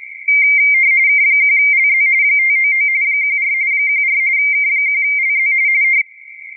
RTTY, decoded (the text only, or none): K1LZ 599 14 14 K1LZ